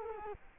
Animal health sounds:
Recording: mosquito wingbeat signal from an infrared sensor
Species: Culex quinquefasciatus

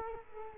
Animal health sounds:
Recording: mosquito wingbeat signal from an infrared sensor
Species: Culex quinquefasciatus

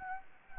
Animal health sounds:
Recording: mosquito wingbeat signal from an infrared sensor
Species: Anopheles gambiae

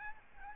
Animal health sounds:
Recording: mosquito wingbeat signal from an infrared sensor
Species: Aedes albopictus

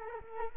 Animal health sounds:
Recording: mosquito wingbeat signal from an infrared sensor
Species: Culex quinquefasciatus

